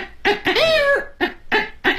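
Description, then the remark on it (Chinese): A kouji (Chinese vocal mimicry) performer imitates a hen clucking, using a rooster-style voice: a series of bright, strained bursts with one longer drawn-out cackle in the middle, loud and rhythmic with short gaps and no speech. “你比如说，老母鸡，是吧？它这种声音，用那个雄鸡的声音。”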